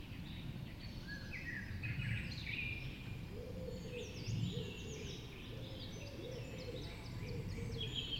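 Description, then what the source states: Dawn chorus of overlapping bird songs, high trills and whistles, with a lower soft repeated call and low rumble. Dawn chorus recorded just after dawn in the Forest of Dean.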